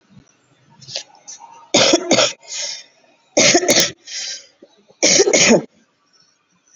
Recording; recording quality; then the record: shallow voluntary cough; excellent, no background noise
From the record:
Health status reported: COVID-19 positive, mild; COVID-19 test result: positive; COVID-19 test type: rapid antigen test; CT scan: not taken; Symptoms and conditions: cough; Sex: female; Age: 31 years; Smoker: no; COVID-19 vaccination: none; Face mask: not worn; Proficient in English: yes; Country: India